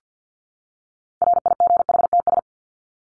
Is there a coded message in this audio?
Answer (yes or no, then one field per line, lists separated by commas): yes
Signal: Morse code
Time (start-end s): 1.2-2.4 s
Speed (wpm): 50 wpm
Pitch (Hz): 700 Hz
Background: none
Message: RIGHTS